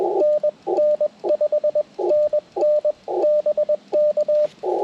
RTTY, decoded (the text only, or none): none